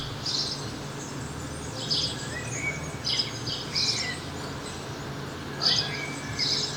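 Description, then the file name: House sparrow chirps in an uneven series of about six notes, with a pause midway, over steady hiss. "Passer domesticus"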